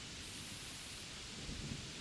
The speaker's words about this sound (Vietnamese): Cơn mưa nặng hạt ở bên ngoài trời bất ngờ rì rào đổ xuống trong một đêm mùa thu se lạnh